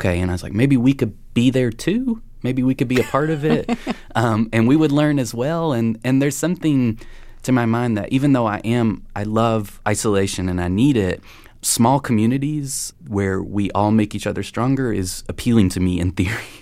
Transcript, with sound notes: And I was like, maybe we could be there, too?
(Laughter).
Maybe we could be a part of it, and we would learn as well? And there's something to my mind that even though I am - I love isolation, and I need it, small communities where we all make each other stronger is appealing to me, in theory